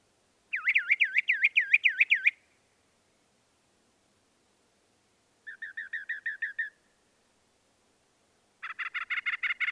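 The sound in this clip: Northern mockingbird singing a rapidly repeated looping whistle, then a buzzy series of short notes, then a harsh, fast run of notes.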